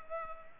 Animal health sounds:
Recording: mosquito wingbeat signal from an infrared sensor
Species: Culex pipiens

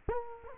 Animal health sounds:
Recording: mosquito wingbeat signal from an infrared sensor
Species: Culex quinquefasciatus

